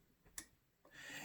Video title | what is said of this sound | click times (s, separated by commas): April 8, 2020 | you start with your low objective lens you'll hear it click into place and | 0.4 s